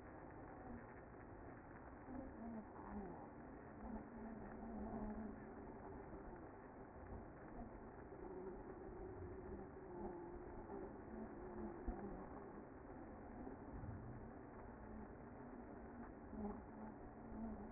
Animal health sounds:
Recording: honeybee colony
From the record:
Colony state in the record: active

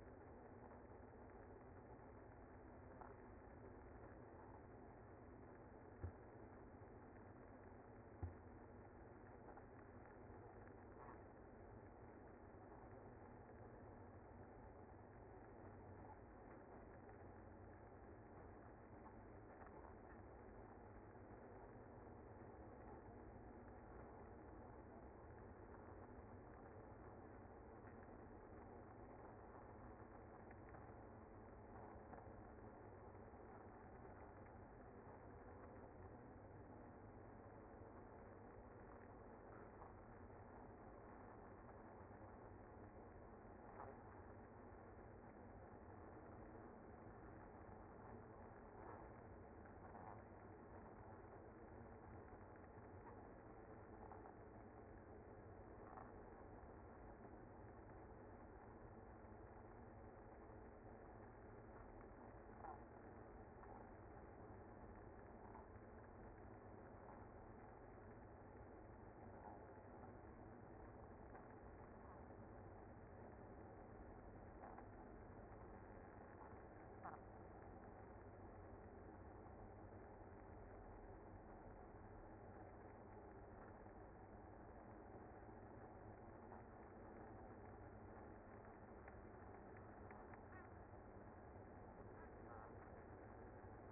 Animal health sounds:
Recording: honeybee colony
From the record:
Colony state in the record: active

